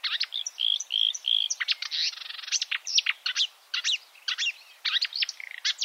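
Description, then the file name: Marsh warbler singing a rapid, varied jumble of whistled notes, sharp ticks and buzzy phrases, switching between note types throughout. "suara-kicauan-burung-marsh-warbler -omkicau"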